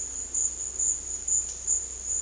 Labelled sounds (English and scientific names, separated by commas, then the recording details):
none
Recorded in dense forest near Puerto Asís, Putumayo, Colombia, on 18 February 2024 at 13:00
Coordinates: 0.485, -76.318
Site G6408